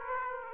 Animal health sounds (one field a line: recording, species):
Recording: mosquito wingbeat signal from an infrared sensor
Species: Aedes aegypti